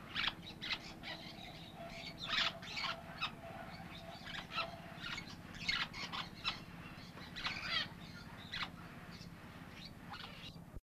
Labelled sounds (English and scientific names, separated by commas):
Ochre-marked Parakeet (Pyrrhura cruentata) call